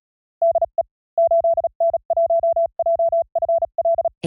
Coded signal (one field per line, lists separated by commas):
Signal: Morse code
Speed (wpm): 36 wpm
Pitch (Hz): 670 Hz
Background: none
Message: DE 8N1JFL